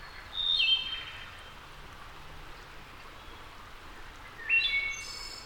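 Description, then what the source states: Wood thrush song: two separate phrases of liquid whistled notes about four seconds apart, the second ending in a high trill, with steady rushing background noise. Returning wood thrush.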